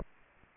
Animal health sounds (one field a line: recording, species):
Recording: mosquito wingbeat signal from an infrared sensor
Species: Aedes aegypti